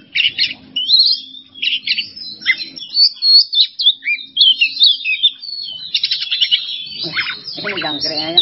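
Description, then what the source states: Oriental magpie-robin song of varied high whistles and chips, ending in a harsher, lower buzzy chatter over the final second and a half. Masteran training recording for songbirds, kacer singing 'bongkar isian emosi' style: fired-up, showing off its full repertoire of fill-in phrases.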